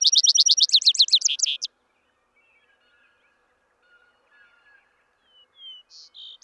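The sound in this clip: Vesper sparrow song: a rapid, bright trill ends the phrase, followed by a pause, then soft slurred notes beginning the next song.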